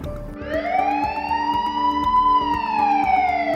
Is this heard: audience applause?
no